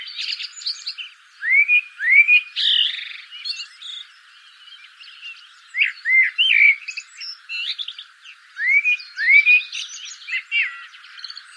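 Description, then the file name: Common blackbird song: several phrases, each of two rising-then-falling whistles followed by a thin high twitter, with pauses between. "Turdus merula"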